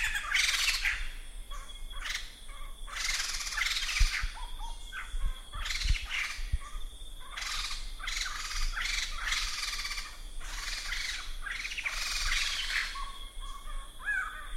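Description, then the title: Sumatran laughingthrush giving harsh, squawking bursts of noisy chatter, several loud outbursts separated by short pauses, with a steady high hiss throughout. "Sumatran Laughingthrush (Garrulax bicolor)"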